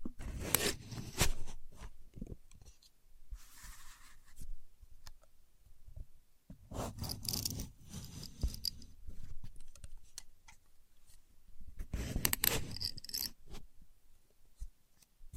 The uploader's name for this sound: Using A Contour Gauge (No Talking)